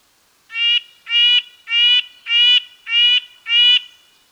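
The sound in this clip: Red-breasted nuthatch repeating six nasal, horn-like notes at a steady pace of nearly two per second, with no other sounds.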